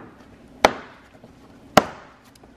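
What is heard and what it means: A plastic retaining tab that holds the lens to a BMW E46 headlight housing is lifted and snaps open with sharp cracks at 0.6 s and 1.8 s, each ringing out briefly over a quiet background. The tab is released, freeing the headlight lens.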